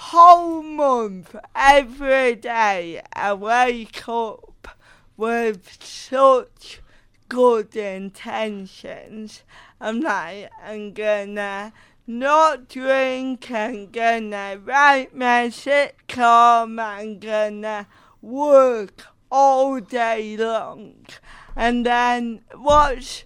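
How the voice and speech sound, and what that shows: An adult woman speaking with slow, effortful speech, stretched sounds, frequent pauses and softened consonants: dysarthria due to cerebral palsy. Her speech sounds different from usual and is slower.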